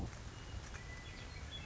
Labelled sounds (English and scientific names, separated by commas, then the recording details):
Western Meadowlark (Sturnella neglecta)
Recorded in Sonoma County, California